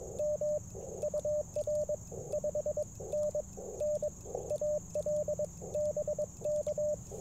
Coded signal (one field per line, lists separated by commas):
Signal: Morse code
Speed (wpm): 22 wpm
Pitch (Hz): 590 Hz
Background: radio noise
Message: M UR 5NN AL BK